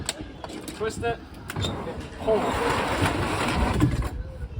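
Someone talks while handling the pop-out slide latch on the side pop-out unit of a Viking Legend pop-up camper, twisting the latch after the unit has been pulled out. Brief handling knocks come through under the speech and a steady background rumble. The clip ends before the latch clicks, so nothing has locked yet.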